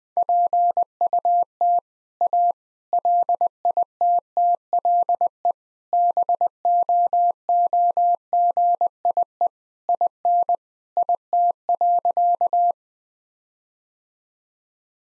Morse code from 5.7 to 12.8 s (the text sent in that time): BOOGIE IN IT.